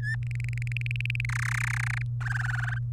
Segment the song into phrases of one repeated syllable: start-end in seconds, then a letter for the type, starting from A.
0.00-0.15 A, 0.23-1.25 B, 1.29-2.02 C, 2.21-2.79 D